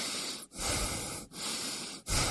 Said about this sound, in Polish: Proszę oddychać.